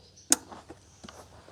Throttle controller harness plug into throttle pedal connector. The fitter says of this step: listen for the click,